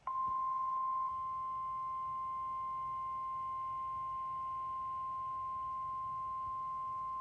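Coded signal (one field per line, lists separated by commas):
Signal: Emergency Alert System (SAME) tones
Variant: 1050 Hz attention tone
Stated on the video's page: Received on NOAA Weather Radio.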